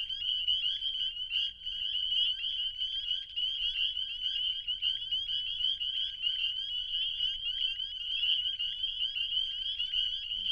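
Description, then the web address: Spring peepers calling together, a thick, continuous high ringing of overlapping peeps that stays loud and even for the whole stretch. Recorded in Wisconsin in spring 2019. "Wisconsin 2019 Spring Peepers Peepin'"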